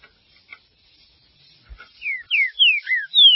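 Green-winged saltator song, a rapid series of strong downward-slurred whistles following a few faint clicks.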